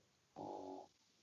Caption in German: Hört man eigentlich meine Hunde schnarchen? Meine Hundis sind halt auch hier direkt fast 3 Meter von mir entfernt und liegen da und schlafen.